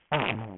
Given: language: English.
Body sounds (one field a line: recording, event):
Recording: throat vibration sensor signal played as sound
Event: throat clearing